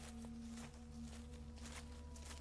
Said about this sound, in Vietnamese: Đột nhiên ở xa có tiếng bước chân vang lên loạt xòa loạt xoạt.